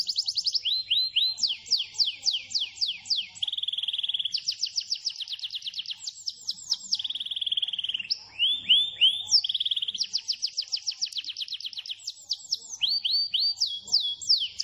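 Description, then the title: Canary song: a stream of fast, high trills in shifting tours, alternating rapid rising sweeps with steady buzzy rolls, each tour repeating several times before changing. Champion canary song used as a master recording for tutoring competition canaries. "Masteran Kenari Juara"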